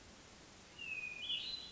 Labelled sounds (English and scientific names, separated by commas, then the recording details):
Hermit Thrush (Catharus guttatus)
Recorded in Sonoma County, California